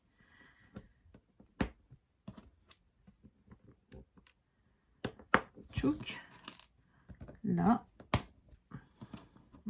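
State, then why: Partly seated. Someone clips plastic connector clips that join Pixel Hobby mosaic baseplates into a frame, talking quietly among small taps and clicks. One clip gives a sharp snap at 8.1 s, but it was clipped badly and is not properly seated.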